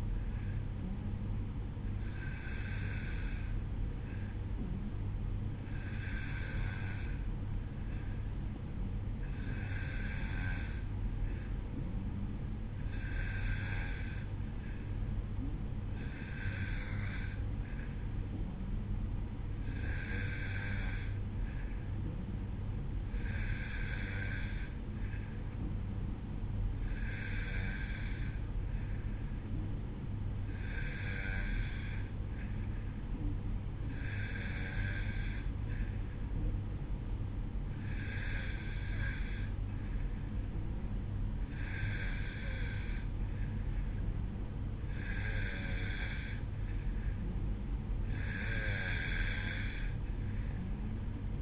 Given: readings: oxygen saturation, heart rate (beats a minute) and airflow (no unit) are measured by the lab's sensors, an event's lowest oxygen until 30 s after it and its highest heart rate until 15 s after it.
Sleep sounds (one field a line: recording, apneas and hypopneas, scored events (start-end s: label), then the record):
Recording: breathing in sleep by a smartphone at the bedside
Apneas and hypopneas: none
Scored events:
none scored
From the record:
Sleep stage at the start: N2 (light sleep)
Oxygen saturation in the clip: 91 to 93%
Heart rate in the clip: 53 to 56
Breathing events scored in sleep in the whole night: 305 in 9.6 hours asleep